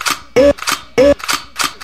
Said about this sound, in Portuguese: O DJ tá na área, tá pronto pra explodir. O DJ tá na área. Todos os canhões.